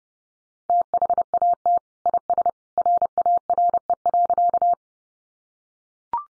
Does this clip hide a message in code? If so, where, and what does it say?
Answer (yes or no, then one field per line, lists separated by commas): yes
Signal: Morse code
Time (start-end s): 0.7-4.7 s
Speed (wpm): 28 wpm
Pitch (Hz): 700 Hz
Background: none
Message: THAT IS RARE.